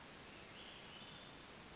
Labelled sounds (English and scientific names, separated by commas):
Western Flycatcher (Empidonax difficilis)